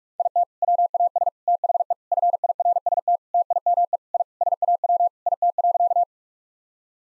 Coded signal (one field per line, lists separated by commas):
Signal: Morse code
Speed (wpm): 46 wpm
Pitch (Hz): 700 Hz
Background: none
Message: IT WAS THE FIRST TIME I SAW IT.